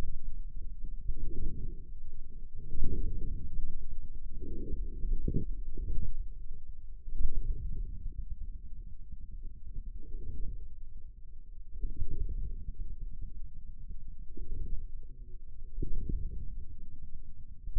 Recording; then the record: forearm muscle sounds (acoustic myography)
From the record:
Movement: inward rotation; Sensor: system 2, bracelet of six BSWA MPA416 microphones around the upper forearm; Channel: 6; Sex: male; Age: 22 years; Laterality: right